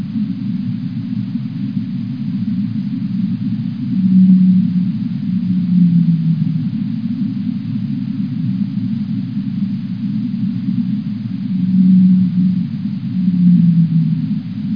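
Blue whale call: two paired low moans several seconds apart, each pair a steady tone then a slightly falling one, over persistent rumbling background noise.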